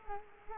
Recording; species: mosquito wingbeat signal from an infrared sensor; Culex quinquefasciatus